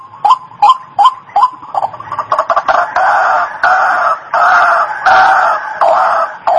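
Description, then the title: White-breasted waterhen calling: several separate croaking notes, then merging into loud, longer bursts of harsh croaking. Tutor track (masteran) for training cage birds. "Masteran Suara Burung Ruak Ruak"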